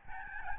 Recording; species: mosquito wingbeat signal from an infrared sensor; Aedes albopictus